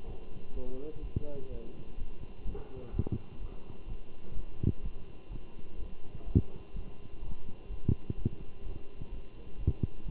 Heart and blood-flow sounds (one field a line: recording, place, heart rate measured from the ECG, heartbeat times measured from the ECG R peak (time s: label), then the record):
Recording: heart sounds by stethoscope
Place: between the tricuspid and mitral areas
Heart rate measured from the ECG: 126 bpm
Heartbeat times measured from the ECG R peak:
0.07 s: heartbeat
0.54 s: heartbeat
1.02 s: heartbeat
1.49 s: heartbeat
1.97 s: heartbeat
2.44 s: heartbeat
2.92 s: heartbeat
3.39 s: heartbeat
3.87 s: heartbeat
4.34 s: heartbeat
4.82 s: heartbeat
5.30 s: heartbeat
5.77 s: heartbeat
6.25 s: heartbeat
6.73 s: heartbeat
7.21 s: heartbeat
7.69 s: heartbeat
8.16 s: heartbeat
8.64 s: heartbeat
9.11 s: heartbeat
9.58 s: heartbeat
10.05 s: heartbeat
From the record:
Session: Bruce protocol treadmill stress test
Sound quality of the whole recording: good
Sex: male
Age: 23 years